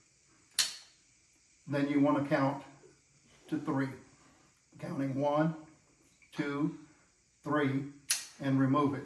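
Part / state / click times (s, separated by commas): epinephrine auto-injector pressed against thigh / seated / 0.6 s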